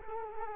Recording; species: mosquito wingbeat signal from an infrared sensor; Culex quinquefasciatus